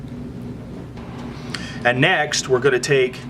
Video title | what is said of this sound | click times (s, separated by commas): Tutorial BL04 Install DVD | slide it forward until it snaps completely | 1.5 s